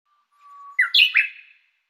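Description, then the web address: Japanese bush warbler song: a long, steady low whistle, then a quick burst of three sharper, higher, slurred notes, the classic hoo-hokekyo phrase, in an otherwise quiet background. "ウグイス"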